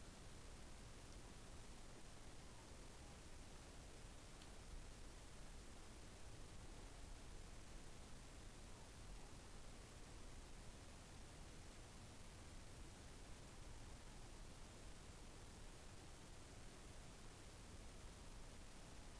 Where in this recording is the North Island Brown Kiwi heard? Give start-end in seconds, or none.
none